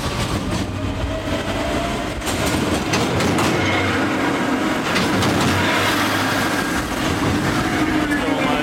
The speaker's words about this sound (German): Und Zug kommt wieder, oder Portalkran.